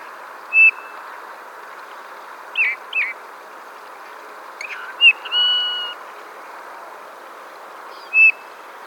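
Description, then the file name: Eurasian bullfinch piping calls, three short soft whistles, mixed with downslurred chirps and a longer drawn-out whistle. "Pyrrhula pyrrhula"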